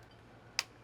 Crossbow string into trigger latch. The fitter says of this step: Now, once it comes all the way back, you can begin start listening because you're going to hear it click.